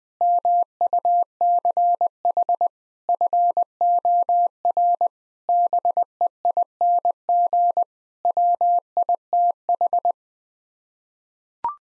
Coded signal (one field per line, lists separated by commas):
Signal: Morse code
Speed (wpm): 21 wpm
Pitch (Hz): 700 Hz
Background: none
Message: MUCH FOR BEING WITH